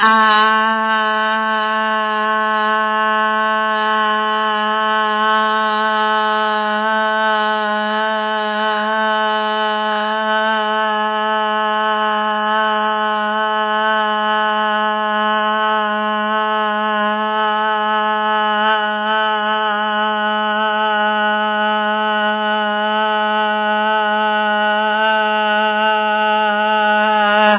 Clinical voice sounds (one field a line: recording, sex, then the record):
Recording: sustained vowel /a/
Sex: female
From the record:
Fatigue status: no fatigue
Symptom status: symptomatic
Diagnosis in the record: COVID-19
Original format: 3gp